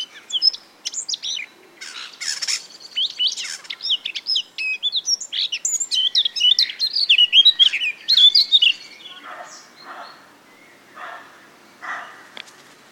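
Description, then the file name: Eurasian blackcap singing a long, fast, varied warble of sweet and scratchy notes, fading into softer, lower chattering phrases toward the end. "Sylvia atricapilla"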